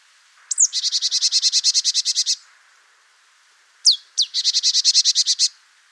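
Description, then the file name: Marsh tit calls, a quick high downslurred note or two leading into a fast, even train of buzzy nasal notes, repeated twice in close succession. "Poecile palustris"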